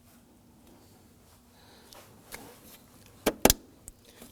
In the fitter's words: Push it in till you hear it snap into place, and go ahead and actuate that cable.